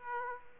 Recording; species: mosquito wingbeat signal from an infrared sensor; Aedes aegypti